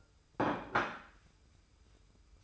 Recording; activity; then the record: daily activity, microphone in the room; place plate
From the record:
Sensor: 2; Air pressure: 990.7 hPa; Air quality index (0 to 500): 152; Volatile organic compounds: 453 ppm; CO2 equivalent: 4754 ppm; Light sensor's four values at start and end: 27/64/26/26 and 27/64/26/26